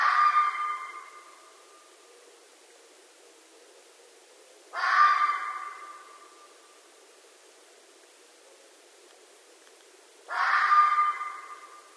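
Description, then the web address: Red fox giving harsh, rasping screams about five and a half seconds apart: the fading end of one, then two more, each starting suddenly and fading over a second or so, with quiet between. Red fox recorded at night, dated 15 December 2011. "Red Fox 2011 12 15"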